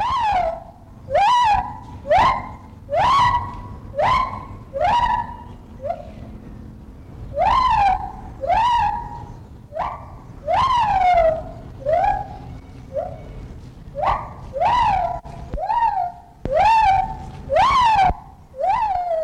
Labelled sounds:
Lar Gibbon (Hylobates lar)
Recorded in captivity
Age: adult
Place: Zoo Köln, Nordrhein-Westfalen, DE
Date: 1960-06-10 12:00
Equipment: Vollspur, Reporter
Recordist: Tembrock, Günter

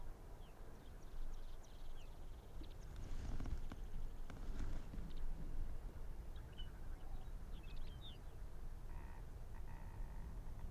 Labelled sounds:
Arctic Fox (Vulpes lagopus)
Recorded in the wild
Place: Insel Mednyi, Kommandeur-Inseln, RU
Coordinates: 54.5167, 168.083
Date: 1999-06-29 19:47
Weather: 7°C, stark windig
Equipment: Sony WM-D6C, Sennheiser ME 80, K 30 AV, Windkorb, Kopie Tascam DA 30
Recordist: Jakupi, Antje

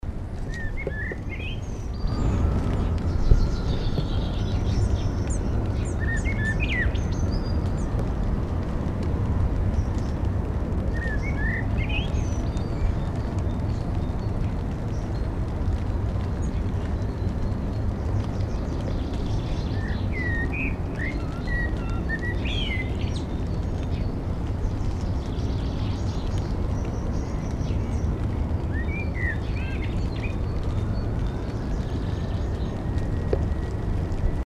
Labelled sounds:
Common Blackbird (Turdus merula) song, Common Chaffinch (Fringilla coelebs), Great Tit (Parus major)
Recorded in the wild
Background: Fringilla coelebs, Parus major
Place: IT
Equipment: Uher 4000
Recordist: Tretzel, Erwin
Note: Südtirol 1981: Gesang

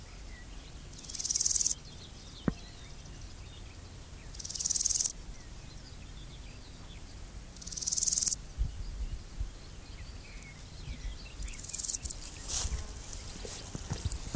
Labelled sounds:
Water-meadow Grasshopper (Chorthippus montanus) stridulation
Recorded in the wild
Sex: male
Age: imago
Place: Köppchensee, Berlin, DE
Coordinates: 52.6167, 13.3667
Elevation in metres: 40
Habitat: Feuchtwiese
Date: 2000-06-18 13:02
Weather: heiter, 22°C
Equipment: Nagra SN, Kopie Uher 4000 Report Monitor
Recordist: Tembrock, Günter
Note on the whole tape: Stridulation, in der Sonne. Teilweise Windgeräusche

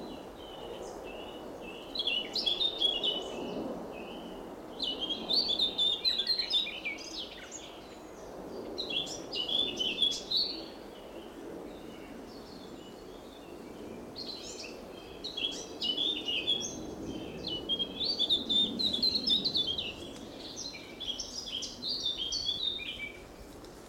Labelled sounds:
Eurasian Blackcap (Sylvia atricapilla)
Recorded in the wild
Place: Blankenfelde, Berlin, DE
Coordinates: 52.625, 13.404
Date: 1992-06-28 10:14
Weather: sonnig, 22-26°C, Wind
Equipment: Marantz CP 430, Sennheiser ME 80, Kopie Tesla B 116
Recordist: Tembrock, Günter

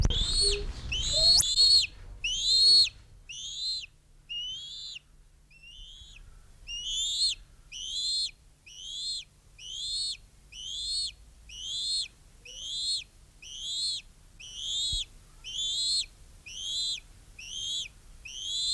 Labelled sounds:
Bald Eagle (Haliaeetus leucocephalus)
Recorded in captivity
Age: juvenile
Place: Zoo Berlin, Berlin, DE
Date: 1994-07-16 10:33
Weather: sonnig, 22-26°C
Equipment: Marantz CP 430, Sennheiser ME 80, Kopie Uher Variocord 263
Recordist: Tembrock, Günter

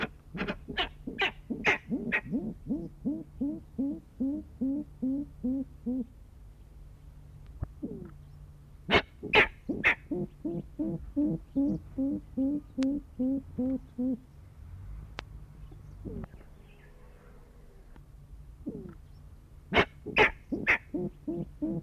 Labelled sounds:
Grey-winged Trumpeter (Psophia crepitans) call
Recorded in captivity
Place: Zoo Osnabrück, DE
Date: 1976-11-15
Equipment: Halbspur, 9,5 cm/s
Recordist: Lütgens, Hans

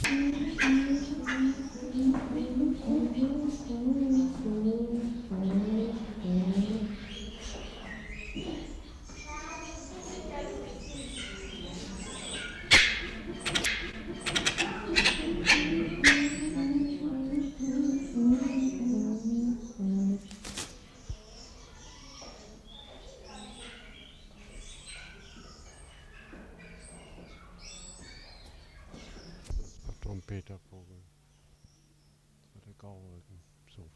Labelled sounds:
Grey-winged Trumpeter (Psophia crepitans) call
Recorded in captivity
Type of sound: call
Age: adult
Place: Zoo Berlin, Berlin, DE
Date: 1993-04-02
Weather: sonnig, -1 bis + 5 °C
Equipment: Marantz CP 430, Sennheiser ME 80, Kopie Uher Variocord 263
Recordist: Tembrock, Günter
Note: Diverse Lautfolgen von 3 Tieren

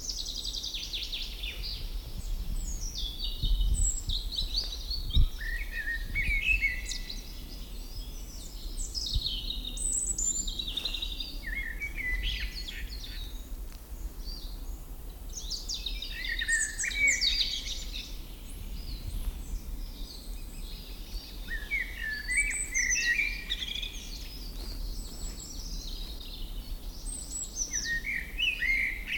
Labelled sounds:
European Robin (Erithacus rubecula) song
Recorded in the wild
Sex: male
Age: adult
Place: Schloß Dammsmühle, Brandenburg, DE
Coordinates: 52.69, 13.41
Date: 1995-05-01 19:25
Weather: heiter 14-15°C
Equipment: Marantz CP 430, Sennheiser ME 80, Kopie Uher 4000 Report Monitor
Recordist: Tembrock, Günter

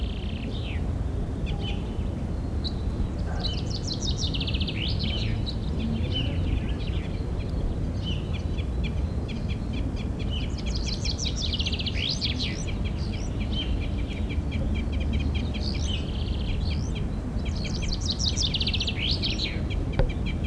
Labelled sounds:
Common Chaffinch (Fringilla coelebs) song
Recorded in the wild
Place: Hafling, Bozen, IT
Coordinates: 46.6544, 11.2206
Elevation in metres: 1377
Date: 1981-03-25
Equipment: Uher 4000 Report, Sennheiser MKH 815 T
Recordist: Tretzel, Erwin

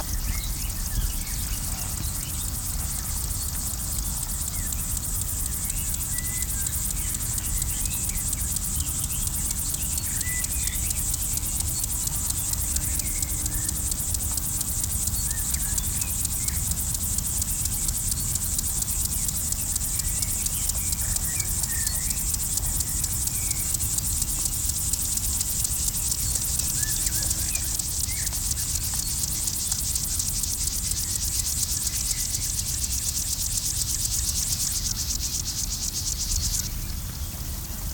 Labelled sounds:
Upland Field Grasshopper (Chorthippus apricarius) stridulation
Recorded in the wild
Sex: male
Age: imago
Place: Blankenfelde, Tegeler Fließ, Berlin, DE
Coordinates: 52.604, 13.4
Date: 1993-07-10 10:22
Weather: 24°C, sonnig-heiter
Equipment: Marantz CP 430, Sennheiser ME 80, Kopie Uher Variocord 263
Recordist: Tembrock, Günter

